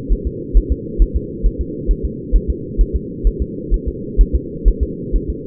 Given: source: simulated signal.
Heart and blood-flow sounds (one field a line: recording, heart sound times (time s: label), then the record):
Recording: fetal heart sounds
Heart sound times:
0.12 s: S1
0.27 s: S2
0.57 s: S1
0.72 s: S2
1.02 s: S1
1.16 s: S2
1.46 s: S1
1.61 s: S2
1.91 s: S1
2.05 s: S2
2.36 s: S1
2.50 s: S2
2.81 s: S1
2.96 s: S2
3.27 s: S1
3.42 s: S2
3.74 s: S1
3.88 s: S2
4.21 s: S1
4.35 s: S2
4.68 s: S1
4.83 s: S2
5.16 s: S1
5.30 s: S2
From the record:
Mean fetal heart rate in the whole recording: 130 bpm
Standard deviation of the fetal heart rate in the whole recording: 2 bpm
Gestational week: 36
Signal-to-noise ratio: -4.1 dB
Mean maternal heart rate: no maternal heart sound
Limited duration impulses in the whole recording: absent